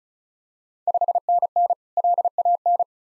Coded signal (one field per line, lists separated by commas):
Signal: Morse code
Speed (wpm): 34 wpm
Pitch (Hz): 700 Hz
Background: none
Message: 5NN LAN